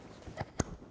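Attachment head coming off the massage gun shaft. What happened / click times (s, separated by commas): The push-fit attachment head popped free of its shaft / 0.6 s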